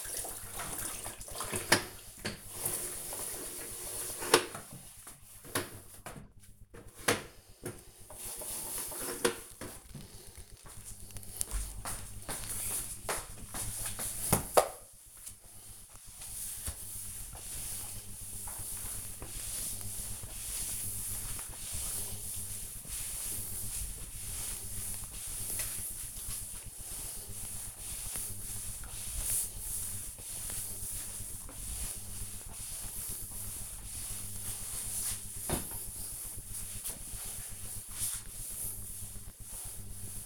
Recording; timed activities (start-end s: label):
household activities, microphone on the right wrist
0.00-40.26 s: floor cleaning